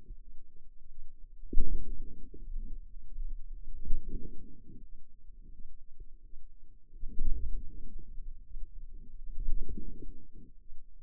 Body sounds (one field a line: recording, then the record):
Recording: forearm muscle sounds (acoustic myography)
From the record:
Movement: wrist extension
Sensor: system 2, bracelet of six BSWA MPA416 microphones around the upper forearm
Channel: 3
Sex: female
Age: 23 years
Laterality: right